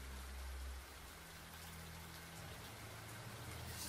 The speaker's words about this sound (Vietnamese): Ngồi bên cửa sổ, Lý nhìn ra bên ngoài cơn mưa nặng hạt.